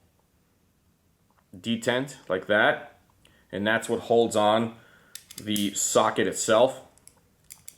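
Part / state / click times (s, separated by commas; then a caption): socket onto ratchet square drive with ball detent / seated / 7.1 s, 7.7 s. Someone talks while a metal socket is pushed onto the square drive of a ratchet until its spring-loaded ball detent catches and holds it. Sharp clicks sound at 7.1 s and 7.7 s as the socket snaps on and is seated.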